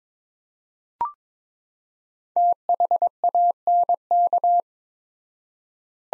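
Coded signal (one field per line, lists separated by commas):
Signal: Morse code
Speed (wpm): 22 wpm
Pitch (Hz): 700 Hz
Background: none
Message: THANK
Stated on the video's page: Morse practice set of two-word phrases at 22 wpm with 4x word spacing, analogous to Farnsworth spacing, for head-copy training.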